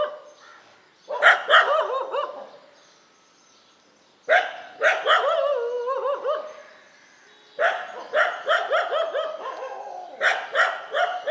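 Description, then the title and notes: Dog barking in three rapid bouts, each a quick string of sharp barks, separated by pauses. Several dogs barking together, a dog concert, in morning street ambience on Mission Street, MG Road Area, Puducherry, India. "WRMJ+487, Mission St, MG Road Area, Puducherry, 605001, Inde - Concert de chiens. Ambiance matinale sur Mission Street - Concert de chiens. Prise de sons : JF CAVRO"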